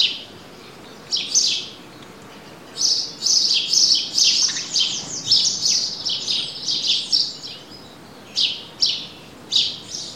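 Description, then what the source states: Birdsong of high, quick chirps, a brief phrase early, then a long busy twittering run and scattered notes near the end. Country ambience.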